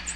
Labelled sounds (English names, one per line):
American Redstart flight call